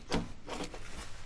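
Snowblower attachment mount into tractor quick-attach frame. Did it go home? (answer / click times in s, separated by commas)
no / none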